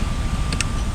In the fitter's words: snap down won't come off it's